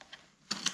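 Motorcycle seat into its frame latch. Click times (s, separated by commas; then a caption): 0.5 s. A dirt bike seat on a 2019 Beta 125 RR-S is pressed down onto its frame latch, giving faint mechanical ticks before a sharp snap at 0.5 s. A second bright click follows at 0.7 s. The seat snaps into place and stays down, latched.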